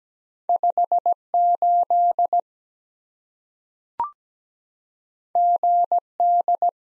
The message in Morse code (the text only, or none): 5 8 G D